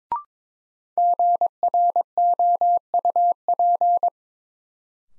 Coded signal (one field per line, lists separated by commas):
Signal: Morse code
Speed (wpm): 22 wpm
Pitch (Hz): 700 Hz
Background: none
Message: GROUP